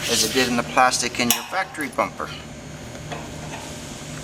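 Someone talks while handling a plastic retainer with splines that is meant to be pushed into a bumper bracket fitted with a 3/8 washer on a Frontier front bumper for a 2015-17 GMC 2500 and 3500. After the talking, there is quiet handling noise with a brief light tap around 3.1 s. The retainer has not snapped in or seated yet.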